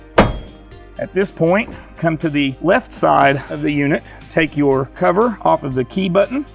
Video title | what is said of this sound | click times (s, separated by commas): Stealth Hitches - Properly Installing the Rack Receiver & Ball Mount Accessories | simply press firmly upward until you feel and hear the positive latch of the handle | 0.2 s